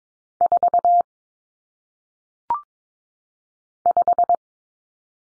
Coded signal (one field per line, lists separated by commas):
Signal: Morse code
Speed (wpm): 22 wpm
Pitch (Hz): 700 Hz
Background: none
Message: 4 5